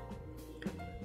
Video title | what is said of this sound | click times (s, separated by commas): 胡服騎射的變形金剛分享時間1255集Transformers Earthrise Leader Class DOUBLEDEALER 地球崛起 雙面人 快槍手 | 里啊，一样是这两个凸，将它给扣上去。嗯 | 0.6 s